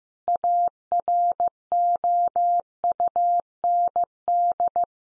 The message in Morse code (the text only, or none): AROUND